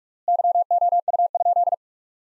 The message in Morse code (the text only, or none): YOU?